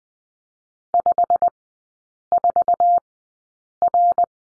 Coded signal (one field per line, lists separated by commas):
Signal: Morse code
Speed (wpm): 20 wpm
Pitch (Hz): 700 Hz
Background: none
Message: 54R